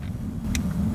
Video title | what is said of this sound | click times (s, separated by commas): Here's Why You Should Remove Your Gas Cap Right Now | get a click and bolt each one down first just do it fingertight | 0.5 s